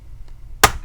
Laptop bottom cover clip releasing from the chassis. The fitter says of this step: okay that's how you hear that little pop noise it's like cracking your finger bone